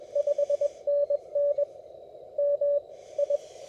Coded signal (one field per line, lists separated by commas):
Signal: Morse code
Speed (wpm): 18 wpm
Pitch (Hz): 580 Hz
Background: none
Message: 5NN MI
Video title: How To Operate Portable Ham Radio Using Minimal Equipment